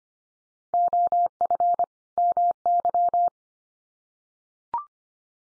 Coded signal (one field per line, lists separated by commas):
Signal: Morse code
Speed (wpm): 25 wpm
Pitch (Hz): 700 Hz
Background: none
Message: OF MY